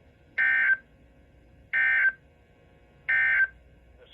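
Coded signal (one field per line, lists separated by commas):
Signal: Emergency Alert System (SAME) tones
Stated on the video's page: Real Severe Thunderstorm Warnings received from NOAA Weather Radio transmitters in Columbus and Akron, Ohio.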